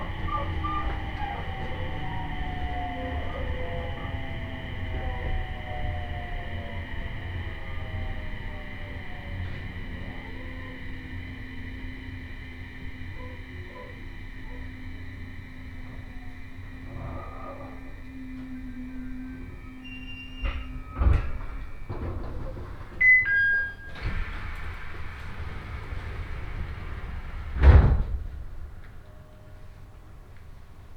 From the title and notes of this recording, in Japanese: 鉄道旅 東北本線 福島→北白川。列車はこの途中で福島県から宮城県へと入っていきます。